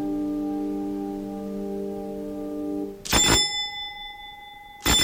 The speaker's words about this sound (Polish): Dzwonek zadźwięczał w przedpokoju z gwałtownością.